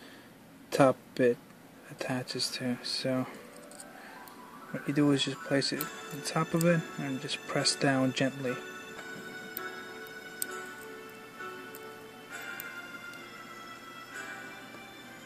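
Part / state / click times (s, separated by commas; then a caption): flex cable connector into phone board socket / not seated / none. During an LCD and digitizer repair on a Samsung S3 SPH-L710 phone, the flex connector of the top part is placed onto its board socket and pressed down gently. Someone talks over background music, with a few faint ticks later in the clip. Nothing has seated or clicked into place yet.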